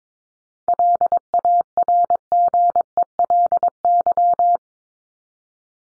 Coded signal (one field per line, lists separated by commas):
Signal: Morse code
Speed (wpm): 22 wpm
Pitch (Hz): 700 Hz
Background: none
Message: LARGELY